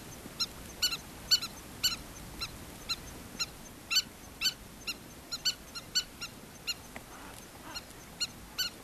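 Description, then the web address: Southern lapwing: repeated shrill calls from a southern lapwing, ringing notes roughly every half second, some doubled, with soft hiss underneath. "earth naturelibrary assets s so southern lapwing"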